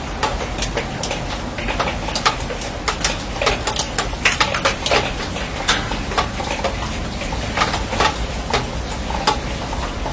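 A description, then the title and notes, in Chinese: Raindrops strike a steel roof in a dense, irregular patter of sharp metallic taps that never lets up for the whole ten seconds. Louder, brighter hits stand out every second or so over a steady low rumble and hiss underneath. 乡村晨雨。雨水滴落在钢铁顶棚。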